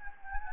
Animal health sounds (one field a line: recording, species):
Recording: mosquito wingbeat signal from an infrared sensor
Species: Anopheles gambiae